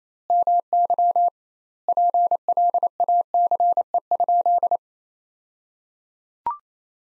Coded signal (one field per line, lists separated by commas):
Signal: Morse code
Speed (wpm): 28 wpm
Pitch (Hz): 700 Hz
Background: none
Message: MY PLACE?